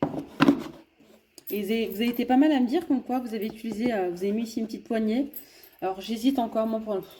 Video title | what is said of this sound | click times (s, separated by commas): 🎉🤩HAUL ACTION & JE TESTE LA BOUILLOIRE & DES ARTICLES ACTION #testacation #action #haulaction #haul | Et alors, ensuite, ça se clipse. | 0.4 s